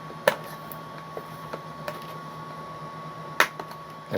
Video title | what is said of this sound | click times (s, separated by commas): DURAFLY EXCALIBUR V2 UNBOX /BUILD by FGFRC #aviation #rc #excalibur | Hear that click into place? | 3.4 s